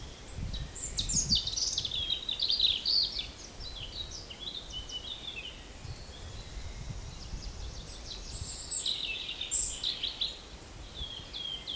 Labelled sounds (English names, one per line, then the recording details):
European Robin
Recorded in the wild
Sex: male
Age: adult
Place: Mühlenbeck, Brandenburg, DE
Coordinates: 52.625, 13.404
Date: 1992-05-23 11:01
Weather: sonnig, 20-24°C, böiger Ost-Wind
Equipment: Nagra SN, Mikrofon AKG CK 8, Kopie Tesla B 116
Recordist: Tembrock, Günter